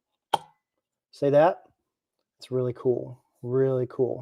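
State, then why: Seated. After the abrasive belt on a powered knife sharpener is changed and the red release button is pressed, the belt tensioner arm pops back into place with a sharp snap at 0.3 s. The arm seats, and then someone talks.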